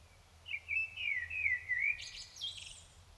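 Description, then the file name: Common blackbird's mellow, wavering whistled phrase ending in a thin, high twitter, over a faint low hum. "Turdus merula"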